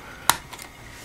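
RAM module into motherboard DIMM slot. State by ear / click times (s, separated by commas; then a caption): seated / 0.3 s. The right side of a DDR3 memory stick is pushed down into a DIMM slot on an HP ProDesk 600 G1 SFF motherboard. A sharp snap from the slot latch comes at 0.3 s, followed by a much fainter tick around 0.6 s. The RAM module is seated firmly.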